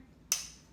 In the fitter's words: listen for that audible click.